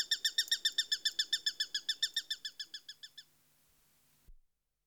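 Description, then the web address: Eurasian sparrowhawk alarm: a quick, regular string of harsh kek notes that fades over three seconds, followed by quiet and a brief knock. "The BBC Sound Effects Library. Sparrowhawk (Accipiter Nisus)"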